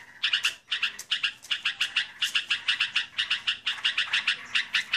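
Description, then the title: Yellow-vented Bulbul calls: a rapid run of bright chirps repeated almost without a break. "burung rucukan"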